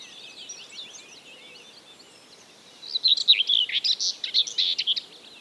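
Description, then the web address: Common whitethroat song, a brisk scratchy warble of rapid jumbled notes lasting about two seconds, following quieter twittering. "Whitethroat"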